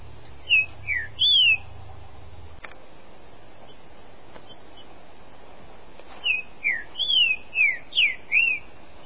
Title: Trinca Ferro